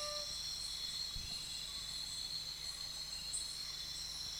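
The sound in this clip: Nesobia mjobergi: an insect gives a continuous high, buzzy drone with slight pulsing above, over a soft hiss and one low thump.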